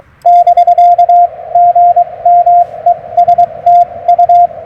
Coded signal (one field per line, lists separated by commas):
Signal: Morse code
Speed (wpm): 23 wpm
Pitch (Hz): 700 Hz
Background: radio noise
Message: <BK> GM ES TU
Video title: Morning Morse Code at Tuskegee National Forest K-4451 - 12/27/23